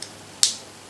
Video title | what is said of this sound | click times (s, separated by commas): King Hauler build - Part 9 Tanks for the lights | and they're just snapped into place | 0.4 s